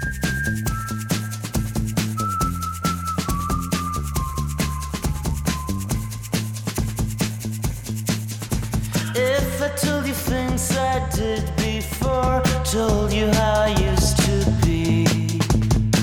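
A catchy whistled tune from the opening of an MTV show plays over a full instrumental backing with a steady beat, the melody stepping down in pitch before a busier, louder second half.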